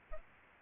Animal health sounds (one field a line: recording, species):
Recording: mosquito wingbeat signal from an infrared sensor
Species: Aedes albopictus